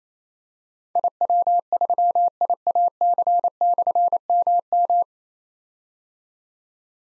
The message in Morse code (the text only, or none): IW3IAC/MM